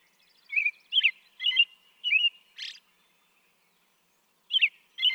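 American robin song of short whistled, slurred phrases with one raspy high note mid-sequence, a silent gap, then the caroling resumes.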